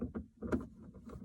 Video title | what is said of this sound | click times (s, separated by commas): LED interior light install 2019 Lexus IS300 | then this should just snap into place. | 0.5 s